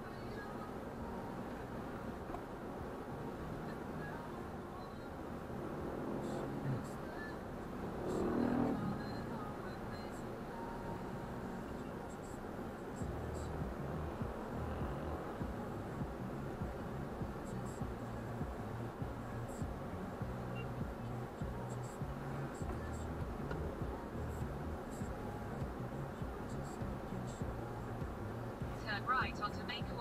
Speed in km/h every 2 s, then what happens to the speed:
0, 0, 0, 0, 0, 0, 1, 1, 1, 1, 1, 0, 0, 2, 3.
0-26 standing.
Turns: none.